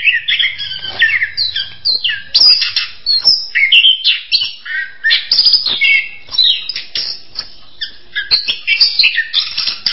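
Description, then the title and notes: Bird song in a busy stretch of overlapping chirps, trills and short whistled phrases, steady throughout with brief louder bursts and a faint low hum early on. "Bird Sound. Kicau Burung Lengkap"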